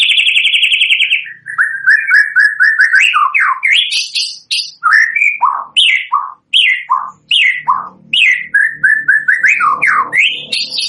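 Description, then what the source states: White-rumped shama song opening with a rapid high trill, then repeated slurred whistles and looping notes that rise and fall, delivered in spaced bursts. Lure used for bird trapping (pikat); gacor (lively) singing.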